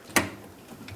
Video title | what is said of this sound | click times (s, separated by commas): How to Replace Fuel Tank 1997-2001 Lexus ES300 | there we go that just clicked in give it a tug make sure it's secure | 0.2 s